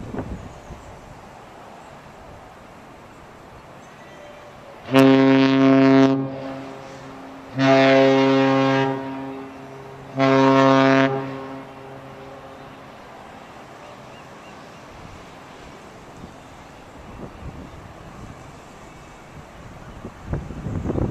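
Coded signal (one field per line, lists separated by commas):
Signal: ship horn signal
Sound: three deep, loud ship horn blasts, each about one second, evenly spaced, then outdoor quiet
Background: outdoor harbour ambience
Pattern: 3 short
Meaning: Three short blasts mean the ship is operating astern propulsion as it backs away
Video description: The fog horn signals the first movements of the ship.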